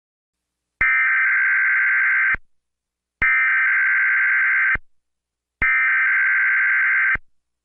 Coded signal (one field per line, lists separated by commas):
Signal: Emergency Alert System (SAME) tones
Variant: header bursts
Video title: EAS Mock: Verizon FiOS Requried Monthly Test for Wisconsin